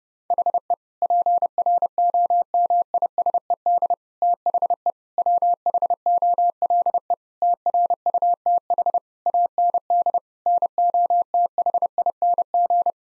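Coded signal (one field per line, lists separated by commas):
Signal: Morse code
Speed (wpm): 30 wpm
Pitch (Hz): 700 Hz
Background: none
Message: HE PROMISED THE WHOLE TRUTH AND NOTHING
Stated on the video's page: Morse practice at 30 wpm: sentences of common eight-word phrases, sent, spoken, then sent again, for head-copy training.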